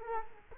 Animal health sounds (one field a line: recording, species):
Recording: mosquito wingbeat signal from an infrared sensor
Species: Culex quinquefasciatus